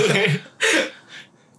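Two loud, harsh cough bursts with a faint third, from an adult man who currently has a slight cough.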